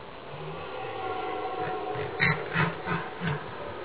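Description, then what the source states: Red deer giving a quick series of short, deep grunts, about three per second. Stag bellowing during the rut.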